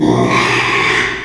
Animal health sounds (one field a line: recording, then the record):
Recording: squeal of a Yucatan mini pig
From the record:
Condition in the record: after surgery on the right vocal fold (resection and tissue-engineered implant)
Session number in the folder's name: 1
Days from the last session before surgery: 6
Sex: male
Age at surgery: 12 weeks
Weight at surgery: 13 kg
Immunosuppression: cyclosporine, prednisolone